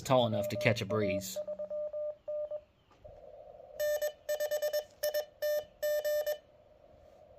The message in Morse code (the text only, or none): WA3N N5ITG